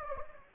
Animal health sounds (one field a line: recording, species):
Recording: mosquito wingbeat signal from an infrared sensor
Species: Anopheles gambiae